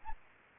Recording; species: mosquito wingbeat signal from an infrared sensor; Anopheles arabiensis